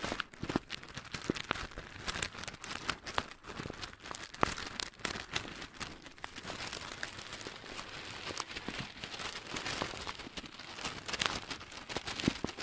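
Crisp crunching and crackling from squeezed slime, a dense run of tiny pops and clicks with brighter bursts every second or so.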